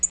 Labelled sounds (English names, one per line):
Tennessee Warbler flight call